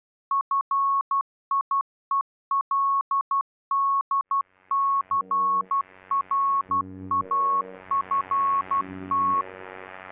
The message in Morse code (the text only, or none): FIELDCRAFT